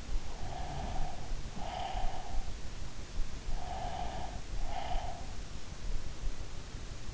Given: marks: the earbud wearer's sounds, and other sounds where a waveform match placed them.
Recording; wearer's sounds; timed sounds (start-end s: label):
sounds in sleep by an in-ear microphone; breath
0.30-2.50 s: breath
3.53-5.34 s: breath